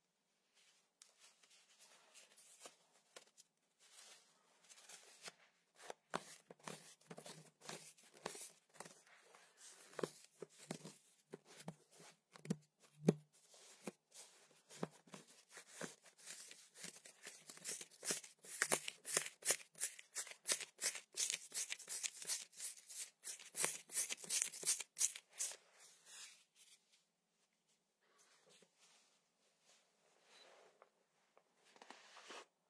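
Slime being squished and pulled inside a foot sock gives a stream of sharp, wet crackles and sticky pops. The clicking starts sparse, grows dense and loud around 17 to 26 seconds, then drops to scattered pops near the end.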